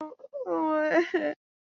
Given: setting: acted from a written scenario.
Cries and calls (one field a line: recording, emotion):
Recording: vocal sound without words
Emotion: sadness